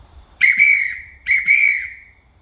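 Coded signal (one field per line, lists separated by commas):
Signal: whistle signal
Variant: crane whistle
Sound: four short shrill whistle blasts, sounded as two quick pairs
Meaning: Boom down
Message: 4 short, paired 2-2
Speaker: boom down which is four to the floor okay so with boom down if you're blowing four whistles it's always good to pair them together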